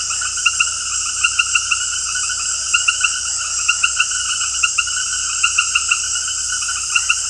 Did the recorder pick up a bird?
no